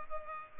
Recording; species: mosquito wingbeat signal from an infrared sensor; Culex pipiens